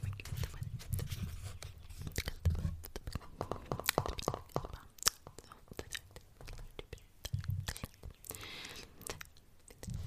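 Wet mouth sounds and clicks crackle irregularly throughout, with soft low thumps early on and around eight seconds, and faint breathy whispering between.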